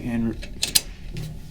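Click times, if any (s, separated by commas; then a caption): 0.8 s. Someone talks as a printer's pickup and feed rollers are pushed back onto their shafts. A sharp click at 0.8 s marks a roller seating onto its shaft. A fainter click follows near 1.2 s.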